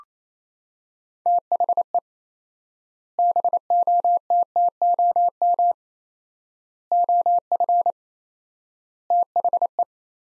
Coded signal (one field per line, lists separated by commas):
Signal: Morse code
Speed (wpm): 28 wpm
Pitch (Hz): 700 Hz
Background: none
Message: THE BOTTOM OF THE